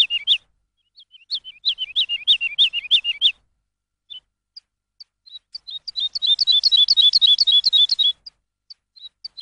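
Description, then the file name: Lark song with a quick series of high chirps, then sparse single notes, then a dense, fast twittering burst, and a few scattered notes at the end. Recording used for training songbirds. "suara masteran lark"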